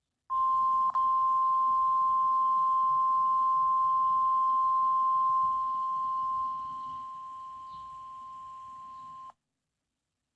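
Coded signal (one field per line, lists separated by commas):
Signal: Emergency Alert System (SAME) tones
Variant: 1050 Hz attention tone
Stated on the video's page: EAS SAME tones of a failed Required Weekly Test.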